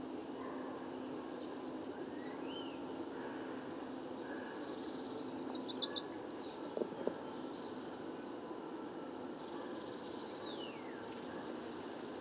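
Chaffinch song and other birds sound faint in a wood, with thin high whistles and short trills scattered throughout and a quick falling phrase near the end. A steady low rumble runs underneath, with a few soft knocks around six to seven seconds.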